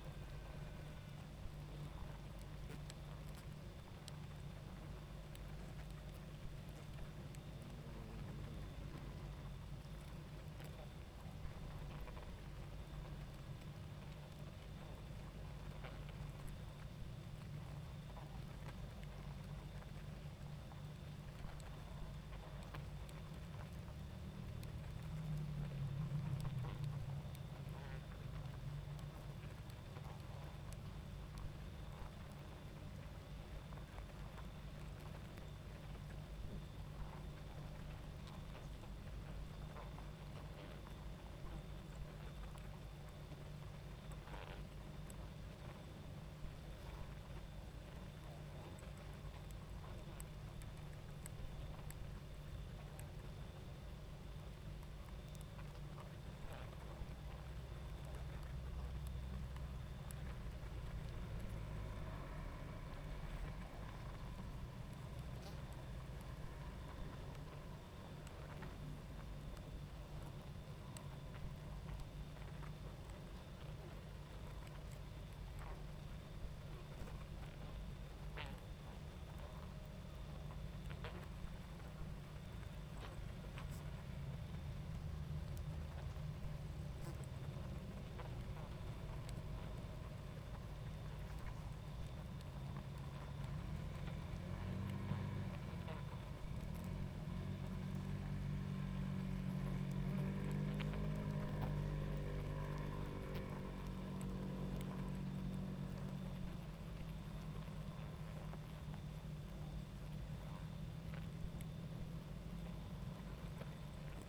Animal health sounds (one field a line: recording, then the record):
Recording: honeybee colony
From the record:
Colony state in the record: active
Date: 28 July 2017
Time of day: 22:16